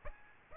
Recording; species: mosquito wingbeat signal from an infrared sensor; Aedes aegypti